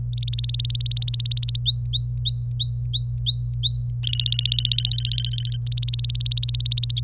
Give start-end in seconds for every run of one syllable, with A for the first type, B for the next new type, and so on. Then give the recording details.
0.13-1.58 A, 1.66-3.91 B, 4.03-5.57 C, 5.67-7.00 A. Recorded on 26 April 2018 at 12:01. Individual llb3